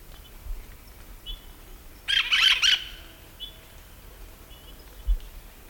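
Hispaniolan parakeet letting out one rapid burst of loud, raspy screeches, with faint whistled notes before and after.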